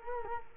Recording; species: mosquito wingbeat signal from an infrared sensor; Culex quinquefasciatus